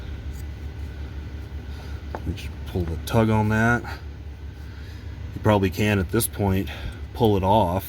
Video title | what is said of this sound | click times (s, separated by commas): Ford Superduty: Shift Cable Removal, Installation, and Adjustment | this snap that in place push that in place just | 2.1 s